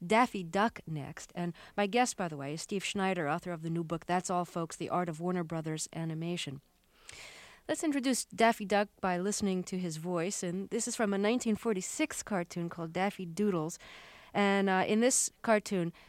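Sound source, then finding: Adult female speaker (radio interviewer). Typical speech.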